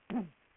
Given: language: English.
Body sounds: throat vibration sensor signal played as sound; throat clearing

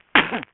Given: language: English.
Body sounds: throat vibration sensor signal played as sound; cough

